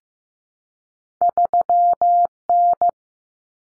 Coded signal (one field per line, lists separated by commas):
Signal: Morse code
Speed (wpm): 15 wpm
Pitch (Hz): 700 Hz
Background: none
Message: 3N